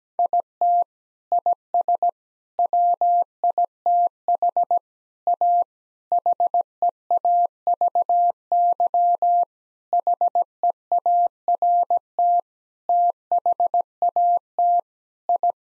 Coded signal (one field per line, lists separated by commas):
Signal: Morse code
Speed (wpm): 17 wpm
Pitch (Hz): 700 Hz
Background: none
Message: IT IS WITH A HEAVY HEART THAT I